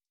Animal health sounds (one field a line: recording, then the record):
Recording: hydrophone in a shrimp aquaculture tank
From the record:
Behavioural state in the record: stressed